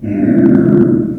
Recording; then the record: squeal of a Yucatan mini pig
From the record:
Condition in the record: after surgery on the right vocal fold (resection and tissue-engineered implant); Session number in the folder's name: 4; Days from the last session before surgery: 26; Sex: female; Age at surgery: 19 weeks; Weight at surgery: 25 kg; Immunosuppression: prednisolone